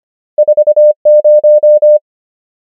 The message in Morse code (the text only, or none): 4 0